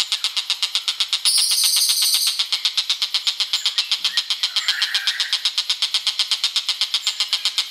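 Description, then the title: Bird calls: regular chirps about four per second, with a loud high buzzy trill early on and a softer warbled note later. "SUARA BURUNG"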